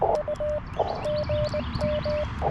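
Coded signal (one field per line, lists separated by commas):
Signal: Morse code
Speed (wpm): 20 wpm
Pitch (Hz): 600 Hz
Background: music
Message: U GM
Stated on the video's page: QRP CW Parks on the Air activation with a Yaesu FT-817ND and Chelegance MC-750 vertical on 40 and 20 meters.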